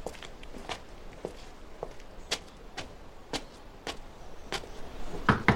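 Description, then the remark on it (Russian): Steady footsteps crunch along at an even walking pace as a man walks up to a house on an overcast morning, a dozen or so crisp steps over a faint background hiss, growing slightly louder toward the end. “Артур подходит к дому.”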